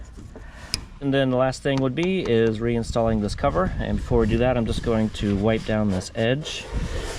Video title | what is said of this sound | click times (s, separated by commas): How to FIX this Common Fuel Gauge issue "----" (it's not the computer) | Make sure they fully snap in place. | 0.7 s